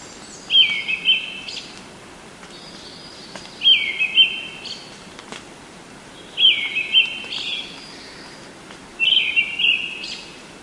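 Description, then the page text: Brown-headed thrush giving four short, high, warbled phrases, each followed by a faint thin trailing note, repeated roughly every two and a half to three seconds. Winter visitor to Taiwan; recorded in Japan. "赤腹鶇 別名： 赤胸鶇 學名： Turdus chrysolaus , 冬候鳥. Teruo Furushima, Wild Bird Songs in Japan"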